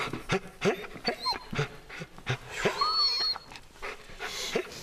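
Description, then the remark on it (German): A dog named Wolfie pants in quick, rhythmic bursts, with thin high-pitched whimpers and whines breaking through between breaths, fairly loud throughout. “Du machst den Hund ja noch völlig verrückt.”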